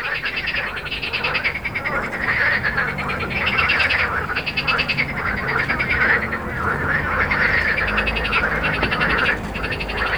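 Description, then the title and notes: Frog: a thick chorus of frogs giving rapid rattling croaks without a break, accompanied by a low drone of passing vehicles. Recorded at Jardins de la Ligne, Montaudran, Toulouse, France, with road noise, using a Zoom H4n. "Jardins de la Ligne, 1 Rue Jacqueline Auriol, 31400 Toulouse, France - Frog Montaudran. Frog and road captation zoom h4n"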